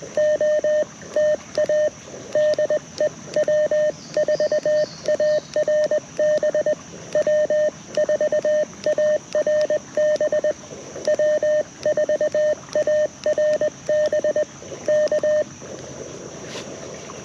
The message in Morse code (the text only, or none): O TA DE W4ARB W4ARB W4ARB K